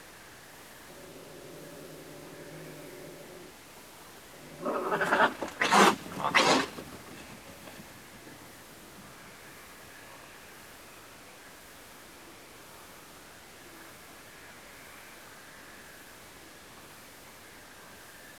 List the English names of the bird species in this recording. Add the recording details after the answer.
none. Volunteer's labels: Autre biophonie chat cri. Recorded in France